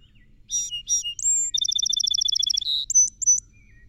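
Song sparrow, single song: two opening notes and a whistle, then a long fast trill, a buzz, and three short high whistled notes to finish.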